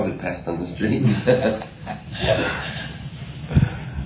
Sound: laughs